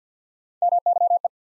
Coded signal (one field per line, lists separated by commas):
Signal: Morse code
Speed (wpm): 50 wpm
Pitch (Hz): 700 Hz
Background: none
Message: MYE